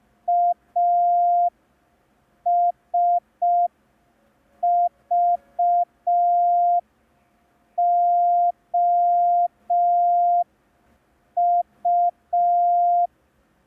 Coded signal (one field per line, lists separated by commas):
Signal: Morse code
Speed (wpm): 5 wpm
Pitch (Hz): 700 Hz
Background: none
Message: ASVOU